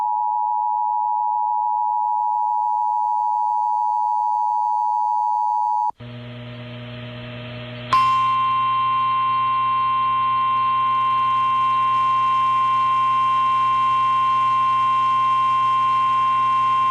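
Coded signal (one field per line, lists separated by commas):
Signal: Emergency Alert System (SAME) tones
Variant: 853 and 960 Hz attention tone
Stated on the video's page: Compilation of Oklahoma alerts, the maker's own personal captures.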